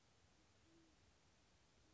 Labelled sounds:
Band-tailed Pigeon (Patagioenas fasciata)
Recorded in Sonoma County, California

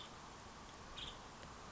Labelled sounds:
Nuttall's Woodpecker (Dryobates nuttallii)
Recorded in Sonoma County, California

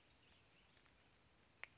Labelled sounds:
Brown Creeper (Certhia americana)
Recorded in Sonoma County, California

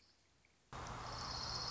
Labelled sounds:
Dark-eyed Junco (Junco hyemalis)
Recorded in Sonoma County, California

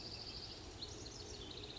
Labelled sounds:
House Wren (Troglodytes aedon)
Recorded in Sonoma County, California

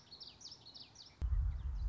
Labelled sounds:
Common Yellowthroat (Geothlypis trichas)
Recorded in Sonoma County, California

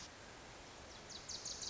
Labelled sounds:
Wilson's Warbler (Cardellina pusilla)
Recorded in Sonoma County, California

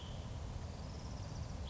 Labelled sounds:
Cassin's Vireo (Vireo cassinii)
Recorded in Sonoma County, California

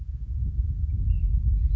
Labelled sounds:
Ash-throated Flycatcher (Myiarchus cinerascens)
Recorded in Sonoma County, California

